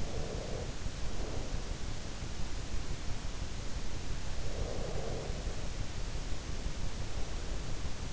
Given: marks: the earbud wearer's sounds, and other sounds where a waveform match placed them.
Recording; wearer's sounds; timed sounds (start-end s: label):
sounds in sleep by an in-ear microphone; breath
0.00-1.65 s: breath
4.45-5.54 s: breath